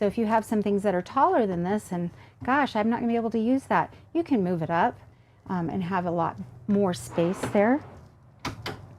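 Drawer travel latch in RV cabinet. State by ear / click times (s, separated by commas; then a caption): seated / 8.5 s, 8.7 s. Someone talks about a full-extension kitchen drawer in a Newmar Mountain Aire 4589 RV, then the drawer is pushed shut. Its travel latch in the RV cabinet engages with a short double click at 8.5 and 8.7 seconds, locking the drawer closed so it won't fly out on corners.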